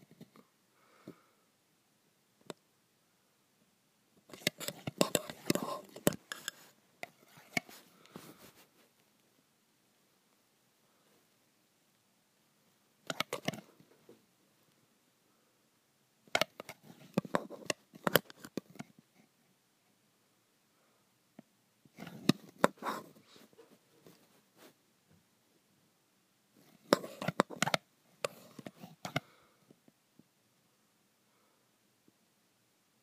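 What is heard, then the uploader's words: Graphite scraping and scratching on metal, in dense, gritty bursts of rapid clicks and rasps lasting two to three seconds each. Five bursts come at irregular intervals, near 4, 13, 16, 22 and 27 seconds, separated by near silence with occasional isolated ticks. ASMR Graphite on Metal.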